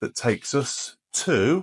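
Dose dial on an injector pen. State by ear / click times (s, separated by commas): not seated / none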